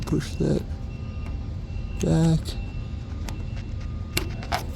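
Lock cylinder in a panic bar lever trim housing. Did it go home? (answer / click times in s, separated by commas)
released / 4.2 s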